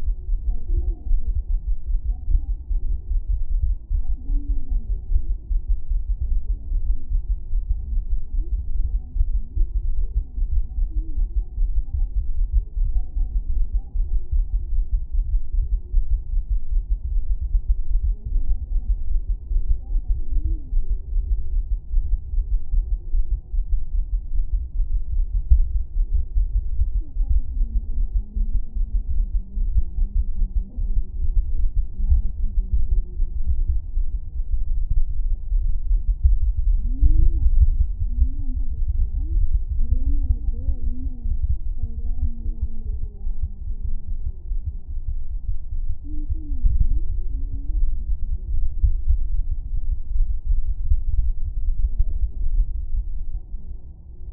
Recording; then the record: fetal heart sounds by stethoscope on the mother's abdomen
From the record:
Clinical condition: thrombocytopenia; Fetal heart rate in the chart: 135 bpm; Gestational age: 35 weeks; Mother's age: 24 years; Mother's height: 153 cm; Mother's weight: 62 kg